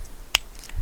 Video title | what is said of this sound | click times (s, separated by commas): WizGear Magnetic Car Mount (COMPLETE REVIEW) - Problem Solved? | wait till it clicks then you tighten it with that handy dandy little screw piece right there and then you're set | 0.4 s